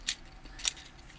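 A plastic section of a Transformers Rise of the Beasts Voyager Class Optimus Prime action figure is pushed into the toy robot's body during transformation. Two brief, sharp plastic handling taps sound at about 0.1 and 0.7 seconds. The section fails to lock in and just sits there; nothing has clicked or seated.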